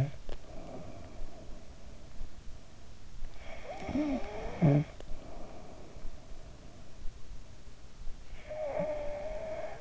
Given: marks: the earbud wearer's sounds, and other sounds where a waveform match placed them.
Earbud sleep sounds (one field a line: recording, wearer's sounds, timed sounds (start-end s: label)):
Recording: sounds in sleep by an in-ear microphone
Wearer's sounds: snoring breath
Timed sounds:
0.00-7.13 s: snoring breath
8.28-9.81 s: snoring breath